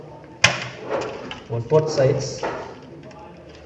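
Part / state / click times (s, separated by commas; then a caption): memory module into motherboard DIMM slot / seated / 0.4 s, 1.3 s. A RAM stick is pressed down at both ends into a motherboard memory slot, and the side retention clips snap shut with a sharp click at 0.4 s and a softer one at 1.3 s. Someone talks over the clicks. The memory module is seated in the slot.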